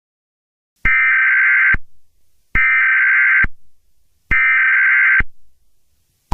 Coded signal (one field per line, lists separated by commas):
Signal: Emergency Alert System (SAME) tones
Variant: header bursts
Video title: EAS Scenario #3: Team Rocket